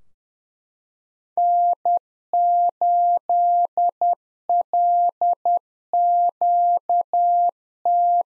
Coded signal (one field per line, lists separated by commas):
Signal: Morse code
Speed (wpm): 10 wpm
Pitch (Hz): 700 Hz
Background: none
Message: N8LQT